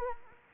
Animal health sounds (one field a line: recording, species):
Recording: mosquito wingbeat signal from an infrared sensor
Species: Anopheles arabiensis